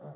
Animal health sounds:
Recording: pig call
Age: piglet (1 to 25 days)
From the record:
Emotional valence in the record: negative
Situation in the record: long isolation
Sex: male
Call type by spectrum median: low-frequency call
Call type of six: low-frequency stable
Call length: 0.16 s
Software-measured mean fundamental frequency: 50 Hz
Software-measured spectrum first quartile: 158 Hz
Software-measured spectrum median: 350 Hz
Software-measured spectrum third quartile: 624 Hz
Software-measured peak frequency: 539 Hz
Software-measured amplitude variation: 93 dB a second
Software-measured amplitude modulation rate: 9.4 a second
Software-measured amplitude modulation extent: 10.0 dB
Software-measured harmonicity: 0.5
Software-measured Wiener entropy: -0.12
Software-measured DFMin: 959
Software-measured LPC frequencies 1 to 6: 606, 4103, 6359, 7169, 10040, 10960 Hz

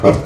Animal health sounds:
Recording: pig call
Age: growing-finishing pig (85 days or more)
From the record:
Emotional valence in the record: positive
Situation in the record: run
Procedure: transit

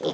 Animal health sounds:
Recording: pig call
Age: piglet (1 to 25 days)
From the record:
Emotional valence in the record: positive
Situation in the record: huddling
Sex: female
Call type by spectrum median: low-frequency call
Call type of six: low-frequency tonal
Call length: 0.15 s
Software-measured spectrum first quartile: 429 Hz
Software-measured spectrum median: 683 Hz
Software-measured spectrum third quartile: 2731 Hz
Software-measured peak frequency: 487 Hz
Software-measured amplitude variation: 129 dB a second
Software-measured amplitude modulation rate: 3.4 a second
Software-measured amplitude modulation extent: 37.6 dB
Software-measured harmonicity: 3.2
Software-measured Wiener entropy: -2.99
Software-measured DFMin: 992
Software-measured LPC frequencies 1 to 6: 476, 3436, 5041, 5400, 6633, 7791 Hz

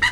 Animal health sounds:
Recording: pig call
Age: piglet (1 to 25 days)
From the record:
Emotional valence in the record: positive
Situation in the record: reunion after long isolation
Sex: male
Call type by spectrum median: low-frequency call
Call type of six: low-frequency tonal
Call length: 0.12 s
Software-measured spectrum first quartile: 1705 Hz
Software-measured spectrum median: 1999 Hz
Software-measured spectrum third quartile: 3017 Hz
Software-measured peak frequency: 1941 Hz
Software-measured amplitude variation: 103 dB a second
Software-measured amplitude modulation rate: 4.1 a second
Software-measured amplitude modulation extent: 24.9 dB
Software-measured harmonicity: 6.9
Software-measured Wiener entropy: -2.12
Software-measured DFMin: 644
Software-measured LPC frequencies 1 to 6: 981, 1935, 2917, 3927, 4720, 6038 Hz

